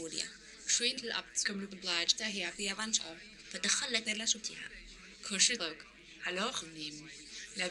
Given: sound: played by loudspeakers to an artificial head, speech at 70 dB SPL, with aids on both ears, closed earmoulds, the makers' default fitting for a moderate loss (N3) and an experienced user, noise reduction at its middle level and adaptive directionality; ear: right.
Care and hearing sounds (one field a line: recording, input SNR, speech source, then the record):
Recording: speech test signal (ISTS) in cocktail-party noise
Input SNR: +9 dB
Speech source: on the right (90 degrees)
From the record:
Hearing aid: class 1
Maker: H